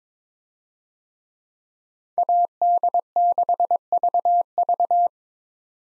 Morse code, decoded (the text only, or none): AD6VV